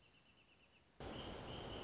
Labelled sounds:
Wrentit (Chamaea fasciata)

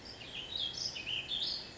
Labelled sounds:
Ash-throated Flycatcher (Myiarchus cinerascens)

